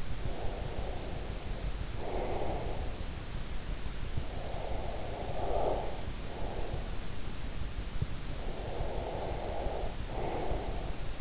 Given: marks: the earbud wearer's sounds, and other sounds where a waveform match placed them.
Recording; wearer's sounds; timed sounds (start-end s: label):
sounds in sleep by an in-ear microphone; breath
0.00-3.16 s: breath
4.09-6.99 s: breath
8.25-11.21 s: breath